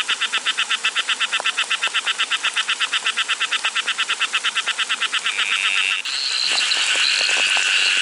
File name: litoria brevipalmata